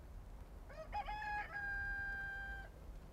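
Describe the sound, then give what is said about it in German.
A rooster crows once: a short rising start that breaks into a long, steady, high-pitched cock-a-doodle-doo lasting a couple of seconds, over a low background hum. “Die Hunde schweigen und die Hühner räkeln sich träg im Staub.”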